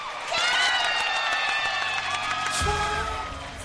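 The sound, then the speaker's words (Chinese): A crowd applauds and cheers for a few seconds to welcome a guest introduced as the 'radio goddess', a dense, steady wash of clapping mixed with high whoops and shouts that stays loud throughout, with no talking. “没有办法，让我们掌声欢迎广播女神。”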